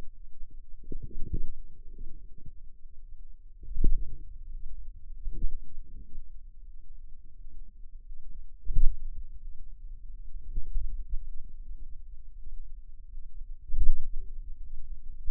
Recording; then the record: forearm muscle sounds (acoustic myography)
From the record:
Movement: pen grasping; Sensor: system 2, bracelet of six BSWA MPA416 microphones around the upper forearm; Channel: 5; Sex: female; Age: 23 years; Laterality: right